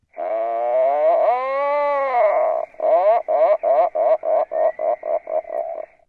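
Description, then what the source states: Atlantic puffin call: a long, low, groaning moan that rises and falls, then a rapid series of harsh, grating pulses. Played back from a bird song book; likened to a miniature chainsaw and a world-weary bird that has had a bad day; species virtually extirpated from the Maine coast, brought back, now heard on islands off Maine.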